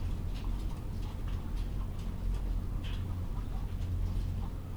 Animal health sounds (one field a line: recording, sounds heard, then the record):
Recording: poultry house recording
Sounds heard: sick chickens (respiratory disease)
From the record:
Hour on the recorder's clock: 18